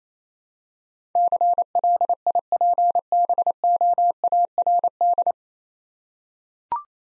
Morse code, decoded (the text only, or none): CLIPBOARD